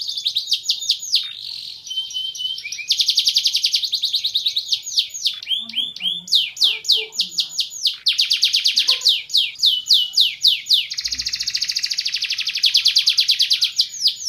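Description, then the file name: Canary song, long and varied, alternating rapid high trills with bursts of sharply downslurred whistled notes, a soft low thump heard briefly partway through. "kompilasi kicauan kenari van helsing omkicau"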